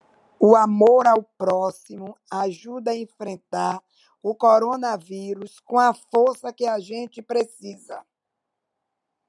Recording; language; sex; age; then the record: spoken sentence; Brazilian Portuguese; female; 60 to 69 years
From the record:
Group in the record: control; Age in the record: 68 years